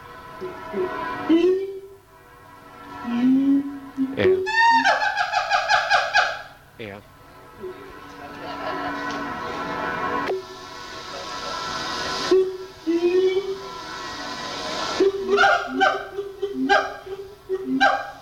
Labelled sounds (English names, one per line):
Siamang